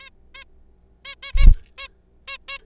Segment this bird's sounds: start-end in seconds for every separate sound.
0.01-0.10, 0.34-0.44, 1.05-1.15, 1.23-1.32, 1.37-1.46, 1.78-1.88, 2.28-2.37, 2.48-2.58